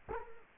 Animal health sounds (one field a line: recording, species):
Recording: mosquito wingbeat signal from an infrared sensor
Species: Culex quinquefasciatus